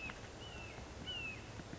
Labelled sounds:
Red-shouldered Hawk
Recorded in Sonoma County, California

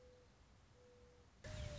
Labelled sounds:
Mourning Dove
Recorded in Sonoma County, California

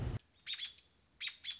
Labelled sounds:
American Robin
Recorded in Sonoma County, California

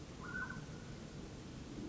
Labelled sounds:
Mountain Quail
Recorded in Sonoma County, California

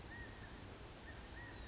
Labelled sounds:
California Quail
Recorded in Sonoma County, California

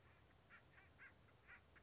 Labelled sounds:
Acorn Woodpecker
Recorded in Sonoma County, California

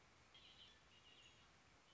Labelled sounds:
Red-winged Blackbird
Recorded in Sonoma County, California

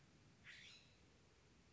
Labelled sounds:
California Scrub-Jay
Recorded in Sonoma County, California

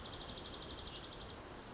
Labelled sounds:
Dark-eyed Junco
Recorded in Sonoma County, California

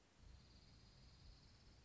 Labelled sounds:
Dark-eyed Junco
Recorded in Sonoma County, California

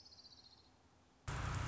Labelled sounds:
Orange-crowned Warbler
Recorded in Sonoma County, California

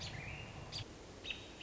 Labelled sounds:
American Robin
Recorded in Sonoma County, California

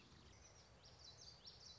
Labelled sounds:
Common Yellowthroat
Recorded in Sonoma County, California

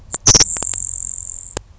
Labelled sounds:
Grasshopper Sparrow
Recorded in Sonoma County, California

